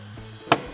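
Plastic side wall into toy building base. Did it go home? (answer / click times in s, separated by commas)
yes / 0.5 s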